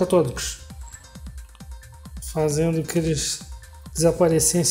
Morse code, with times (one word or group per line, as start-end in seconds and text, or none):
none